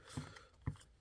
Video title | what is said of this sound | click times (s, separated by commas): Transformers Studio Series 86 Leader Sludge | from the bottom close up the tail piece it will just kind of click into place a little bit just kind of like that | 0.7 s